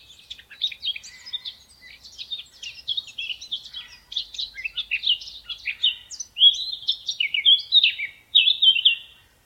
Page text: Eurasian Blackcap Song,Munk Sang,Черноголовая славка. knut the bird nerd